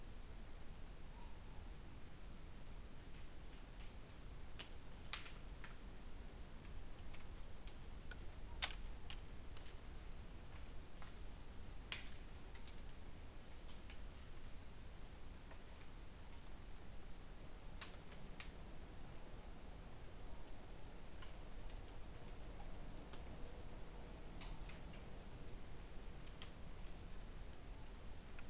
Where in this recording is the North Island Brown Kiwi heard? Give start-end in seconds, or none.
none